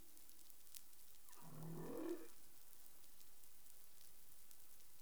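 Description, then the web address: Humpback whale call: one low, moaning sound that swells and fades over about a second, set against steady hiss and noise from the water. Caribbean, 20 April 2021, 03:50 UTC. "CARIMAM humpback whale 20210420 035042 UTC"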